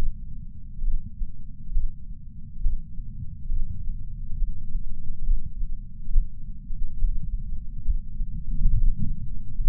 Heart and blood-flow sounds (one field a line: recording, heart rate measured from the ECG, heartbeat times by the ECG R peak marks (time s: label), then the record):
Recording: heart sounds by patch sensor on the chest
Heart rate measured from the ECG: 69 bpm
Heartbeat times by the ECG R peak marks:
0.83 s: heartbeat
1.72 s: heartbeat
2.62 s: heartbeat
3.49 s: heartbeat
4.37 s: heartbeat
5.24 s: heartbeat
6.10 s: heartbeat
6.97 s: heartbeat
7.84 s: heartbeat
8.70 s: heartbeat
9.57 s: heartbeat
From the record:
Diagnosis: coronary artery disease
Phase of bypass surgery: preoperative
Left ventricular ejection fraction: 58.9%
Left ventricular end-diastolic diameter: 51 mm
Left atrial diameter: 51 mm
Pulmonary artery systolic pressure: 40 mmHg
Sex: male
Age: 73 years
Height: 170 cm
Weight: 85 kg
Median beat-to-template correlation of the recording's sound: 0.81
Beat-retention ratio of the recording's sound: 0.95